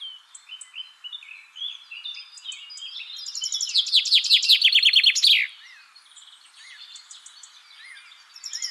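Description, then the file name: Common chaffinch gives a single loud song phrase that ends abruptly, with softer chirping notes before and after. "Fringilla coelebs"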